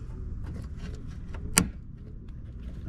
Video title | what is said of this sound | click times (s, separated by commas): 😮🚗Si instalas una BOMBA DE AMAZON tienes que HACER ESTO!!!! | Asegúrense que que oigan el el clic. | 1.6 s